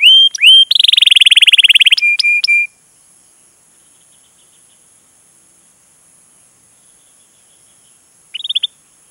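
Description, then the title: Canary song: upslurred whistles leading into a rapid buzzy trill and sharp clicks, then a long silence before a brief trill returns. Pancingan lure to prompt a canary to sing; described as gacor and long. "PANCINGAN Kenari GACOR PANJANG. Pancingan Gacor Masteran"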